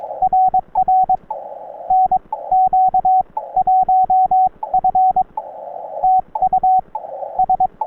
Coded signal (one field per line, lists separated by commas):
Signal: Morse code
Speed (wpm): 22 wpm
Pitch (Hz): 750 Hz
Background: radio noise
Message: RR NQ1F TU S